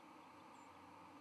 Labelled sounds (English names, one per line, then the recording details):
White-throated Sparrow flight call
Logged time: 09:17 on 31 October 2014